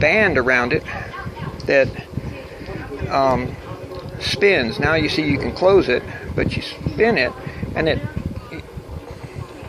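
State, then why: Not seated. Someone talks while handling an Opinel No. 6 folding pocket knife, spinning the metal locking band around its wooden handle to turn it toward locking the blade. Nothing has seated or clicked yet; the ring has not locked into place by the end of the clip.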